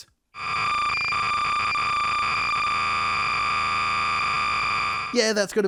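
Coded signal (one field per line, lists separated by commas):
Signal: cassette data (Kansas City type)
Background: speech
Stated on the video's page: Kansas City Standard cassette data from a Super Mario Bros. disk dumped to tape through a KCS converter.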